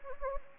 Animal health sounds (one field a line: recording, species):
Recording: mosquito wingbeat signal from an infrared sensor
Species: Anopheles gambiae